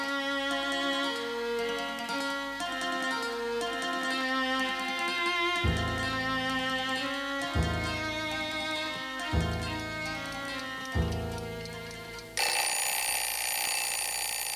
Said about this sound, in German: Punkt 11:30 riss mich der Wecker aus dem Schlaf.